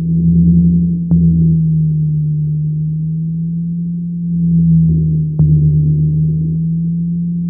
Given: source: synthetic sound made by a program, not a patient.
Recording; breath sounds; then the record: synthetic breath sounds; rhonchi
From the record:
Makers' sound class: wheeze